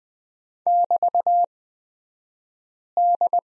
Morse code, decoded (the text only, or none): <BT>D